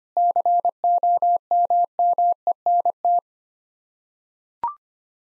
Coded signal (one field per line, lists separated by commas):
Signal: Morse code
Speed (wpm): 25 wpm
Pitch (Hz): 700 Hz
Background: none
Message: COMMENT